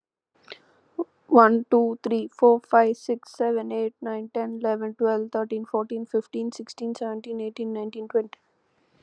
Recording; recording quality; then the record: counting at a fast pace; excellent, no background noise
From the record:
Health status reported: COVID-19 positive, mild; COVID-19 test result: positive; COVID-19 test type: RT-PCR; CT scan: not taken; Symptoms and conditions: cough, cold, fever, fatigue, muscle pain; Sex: female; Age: 26 years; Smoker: no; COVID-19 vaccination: both doses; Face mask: not worn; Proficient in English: yes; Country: India